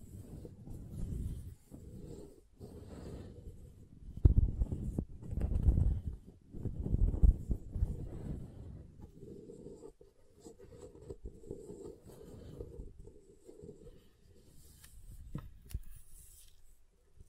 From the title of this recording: SoftHard Soap Tapping and Carving